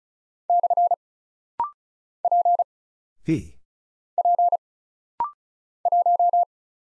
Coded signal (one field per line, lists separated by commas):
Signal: Morse code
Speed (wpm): 36 wpm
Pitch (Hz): 700 Hz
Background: none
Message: / P P 1